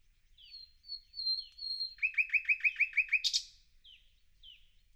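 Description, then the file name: Common nightingale song: drawn-out high whistles, then a fast series of loud repeated throbbing notes ending in a sharp burst, followed by soft slurred notes. "Luscinia megarhynchos"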